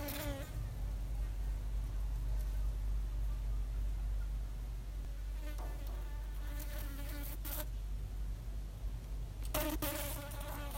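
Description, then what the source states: Fly wingbeat buzz, droning in intermittent bursts that start and stop, with steady low-frequency hum and background hiss throughout. Fly stuck on a window net.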